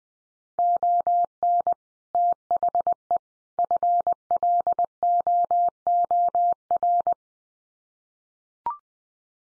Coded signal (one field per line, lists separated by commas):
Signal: Morse code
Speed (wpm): 20 wpm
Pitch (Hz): 700 Hz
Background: none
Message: ON THE FLOOR